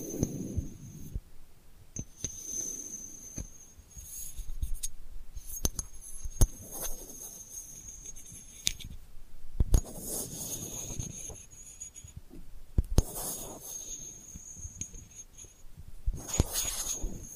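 Delicate scratching made of short, dry scrapes and clicks that come in irregular bursts, with brief sharp ticks near 10 and 13 seconds. A soft low rumble swells and fades beneath it, and a thin steady high whine runs through most of the clip.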